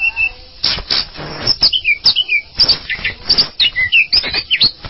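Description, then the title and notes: Bird singing bright whistled phrases that swoop down and up, mixed with rapid clicks and crackly chatter in short bursts. "Bird Sound. Kicau Burung Lengkap"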